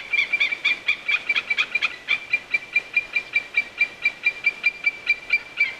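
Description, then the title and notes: White-tailed eagle giving a run of sharp, high yelping notes in quick, even succession, the series continuing unbroken to the end. "Merikotka. Juha Laaksonen"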